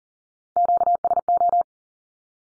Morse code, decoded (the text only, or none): QSO